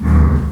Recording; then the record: squeal of a Yucatan mini pig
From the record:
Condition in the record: after surgery on the right vocal fold (resection and tissue-engineered implant); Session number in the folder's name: 17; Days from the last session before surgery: 195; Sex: female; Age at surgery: 19 weeks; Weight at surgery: 25 kg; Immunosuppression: prednisolone